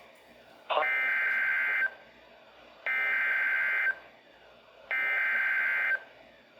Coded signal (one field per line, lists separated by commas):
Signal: Emergency Alert System (SAME) tones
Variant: header bursts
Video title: July 5th EAS Severe Thunderstorm Warnings In Wisconsin